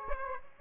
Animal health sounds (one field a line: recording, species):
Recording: mosquito wingbeat signal from an infrared sensor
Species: Aedes aegypti